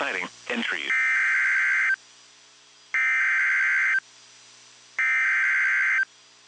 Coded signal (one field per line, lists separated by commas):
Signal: Emergency Alert System (SAME) tones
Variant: header bursts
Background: speech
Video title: (VALID TONES) EAS Severe Thunderstorm Warning in Tennessee! (05/08/24)